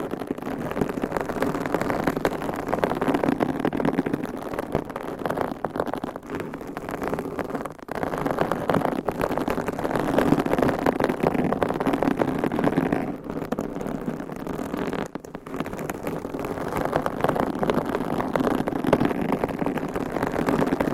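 Dense, continuous scratching and rubbing with nails on a textured surface, a busy crackly texture concentrated in the low and middle range. The motion runs steadily with brief pauses near 8, 13 and 15 seconds before resuming at the same level.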